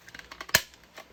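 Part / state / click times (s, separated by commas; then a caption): top cap onto paintball magazine body / seated / 0.5 s. A plastic top cap is pushed onto the body of a First Strike T15 V2 paintball magazine during post-game maintenance. A series of small ticks leads up to one loud, sharp click at 0.6 s, and the cap seats.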